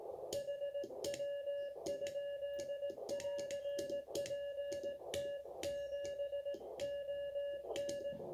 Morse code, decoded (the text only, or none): HW? <AR> PT7ON